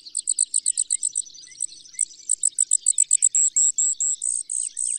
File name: Brewer's Sparrow